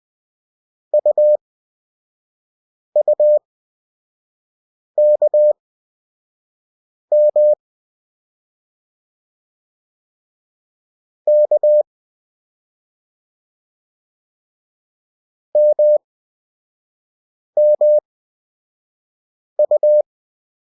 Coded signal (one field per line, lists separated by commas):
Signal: Morse code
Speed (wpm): 20 wpm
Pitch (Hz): 600 Hz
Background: none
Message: UUKM K MMU